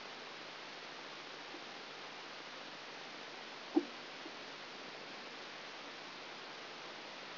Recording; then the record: brain microelectrode recording played as sound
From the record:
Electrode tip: outside the subthalamic nucleus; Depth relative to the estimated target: -6 mm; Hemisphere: right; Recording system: AlphaMap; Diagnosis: Parkinson's disease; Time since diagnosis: 11 years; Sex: female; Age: 60 years